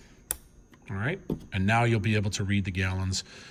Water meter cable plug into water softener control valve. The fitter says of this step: your meter cable it's flat on one side and rounded on the other you're gonna just slide it in until it clicks alright